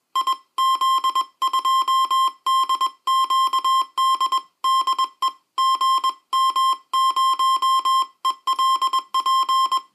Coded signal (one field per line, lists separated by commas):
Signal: Morse code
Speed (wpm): 21 wpm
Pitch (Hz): 1060 Hz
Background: music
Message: IZ2DQD DE GM0ELP